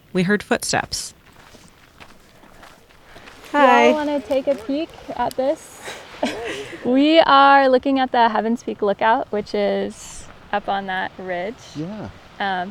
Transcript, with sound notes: We heard footsteps. Hi.
Do you all want to take a peek at this? [laughs] We are looking at the Heaven's Peak lookout, which is up on that ridge—
Yeah.